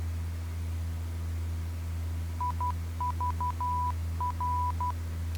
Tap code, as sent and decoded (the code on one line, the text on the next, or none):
none